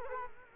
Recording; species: mosquito wingbeat signal from an infrared sensor; Culex quinquefasciatus